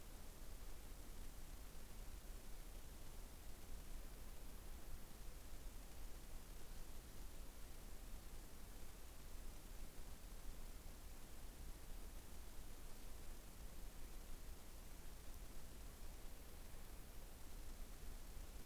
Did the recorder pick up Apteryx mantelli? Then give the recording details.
no. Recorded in New Zealand on 21 November 2014. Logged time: 01:28. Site CL78